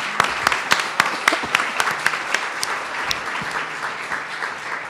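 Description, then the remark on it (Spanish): A crowd at a conference in Montreal on the Colombian peace dialogues applauds everyone who took part. It is a steady, dense wash of many hands clapping, with a few sharper individual claps standing out, holding at an even, moderately loud level throughout. “Entonces, de verdad que es un placer y pues yo creo que debemos darnos un aplauso a todos los que hemos participado y a la organización de aquí en Montreal, sobre todo, que es inmensa la participación.”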